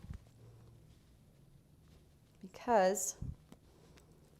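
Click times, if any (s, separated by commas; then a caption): none. Hands handle the small concealed snap fastener on the bodice of a dress, about to re-fasten it after showing how it unsnaps for a larger bust line. Someone talks briefly over quiet handling noise with a few faint ticks. The snap has not closed yet; nothing has seated or clicked.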